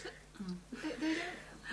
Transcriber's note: laughs